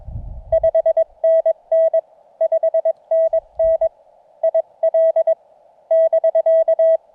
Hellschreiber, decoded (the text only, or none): none